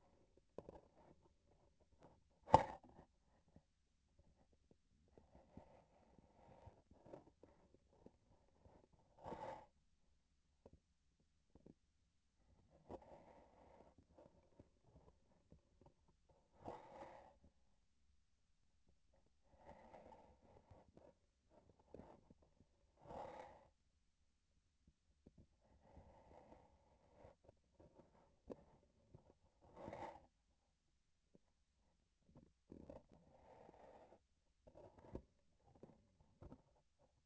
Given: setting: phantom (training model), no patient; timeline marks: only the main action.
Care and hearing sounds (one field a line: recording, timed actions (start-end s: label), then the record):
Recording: laparoscopic instrument, vibration sensor on the handle end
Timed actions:
0.50-2.20 s: palpation
7.40-8.88 s: palpation
14.08-16.00 s: palpation
21.45-22.41 s: palpation
27.67-29.36 s: palpation
34.60-36.92 s: palpation
From the record:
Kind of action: gesture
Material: synthetic tissue